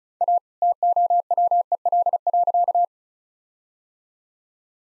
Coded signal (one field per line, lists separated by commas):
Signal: Morse code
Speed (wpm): 34 wpm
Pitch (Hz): 700 Hz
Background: none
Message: A TOWEL.